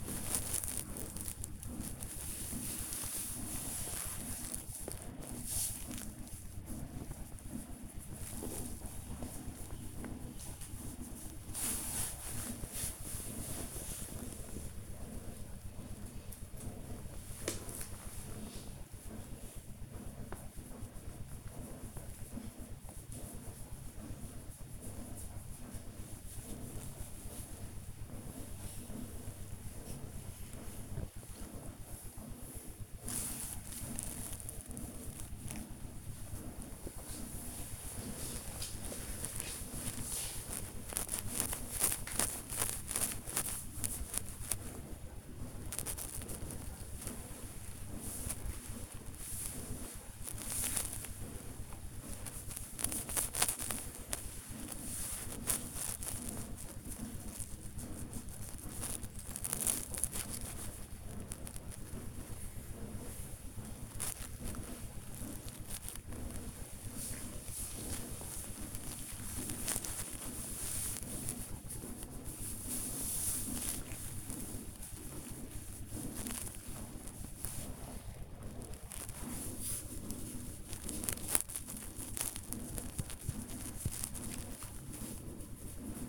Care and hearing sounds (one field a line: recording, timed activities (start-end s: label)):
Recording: household activities, microphone on the right wrist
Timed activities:
0.00-71.58 s: petting the dog
73.60-86.09 s: petting the dog